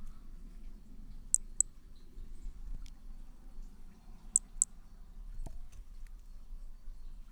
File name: MHNCI B hermogenesi Picinguaba ind 2 ex 2 tudo 05 cm 13 dez 2017 MRB